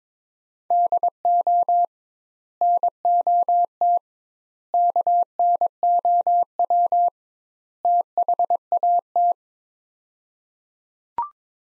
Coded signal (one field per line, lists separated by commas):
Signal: Morse code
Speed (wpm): 21 wpm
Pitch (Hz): 700 Hz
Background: none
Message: DO NOT KNOW THAT